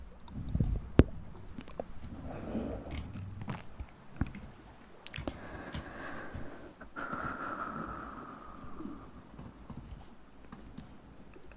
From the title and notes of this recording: Mouth sounds, hand movements at sensitivity.